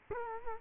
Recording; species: mosquito wingbeat signal from an infrared sensor; Culex quinquefasciatus